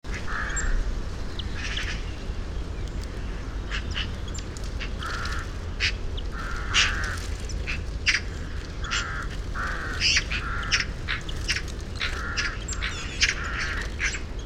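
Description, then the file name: Eurasian magpie chattering in several harsh, rasping bursts over a constant low rumble. "Pica pica"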